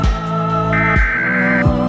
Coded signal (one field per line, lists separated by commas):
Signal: Emergency Alert System (SAME) tones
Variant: header bursts